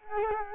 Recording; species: mosquito wingbeat signal from an infrared sensor; Culex quinquefasciatus